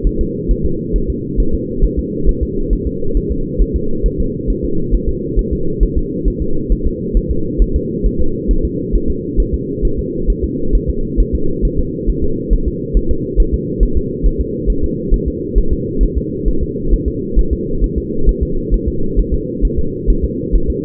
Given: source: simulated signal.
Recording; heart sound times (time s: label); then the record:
fetal heart sounds
0.07 s: S1
0.21 s: S2
0.51 s: S1
0.66 s: S2
0.96 s: S1
1.10 s: S2
1.40 s: S1
1.54 s: S2
1.84 s: S1
1.99 s: S2
2.29 s: S1
2.43 s: S2
2.73 s: S1
2.87 s: S2
3.17 s: S1
3.31 s: S2
3.61 s: S1
3.76 s: S2
4.06 s: S1
4.20 s: S2
4.50 s: S1
4.64 s: S2
4.95 s: S1
5.09 s: S2
5.39 s: S1
5.53 s: S2
5.83 s: S1
5.97 s: S2
6.28 s: S1
6.42 s: S2
6.72 s: S1
6.87 s: S2
7.17 s: S1
7.31 s: S2
7.62 s: S1
7.76 s: S2
8.06 s: S1
8.21 s: S2
8.51 s: S1
8.65 s: S2
8.95 s: S1
9.10 s: S2
9.40 s: S1
9.54 s: S2
9.85 s: S1
9.99 s: S2
10.30 s: S1
10.44 s: S2
10.75 s: S1
10.90 s: S2
11.20 s: S1
11.35 s: S2
11.65 s: S1
11.79 s: S2
12.09 s: S1
12.24 s: S2
12.53 s: S1
12.68 s: S2
12.97 s: S1
13.11 s: S2
13.40 s: S1
13.54 s: S2
13.83 s: S1
13.97 s: S2
14.26 s: S1
14.41 s: S2
14.70 s: S1
14.84 s: S2
15.14 s: S1
15.28 s: S2
15.58 s: S1
15.73 s: S2
16.03 s: S1
16.17 s: S2
16.48 s: S1
16.63 s: S2
16.94 s: S1
17.08 s: S2
17.39 s: S1
17.53 s: S2
17.84 s: S1
17.98 s: S2
18.29 s: S1
18.43 s: S2
18.74 s: S1
18.88 s: S2
19.19 s: S1
19.34 s: S2
19.65 s: S1
19.79 s: S2
20.10 s: S1
20.25 s: S2
20.55 s: S1
20.70 s: S2
From the record:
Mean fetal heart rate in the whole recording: 135 bpm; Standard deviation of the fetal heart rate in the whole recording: 3 bpm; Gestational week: 36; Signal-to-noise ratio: -8.1 dB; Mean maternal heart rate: 72 bpm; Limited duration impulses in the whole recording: absent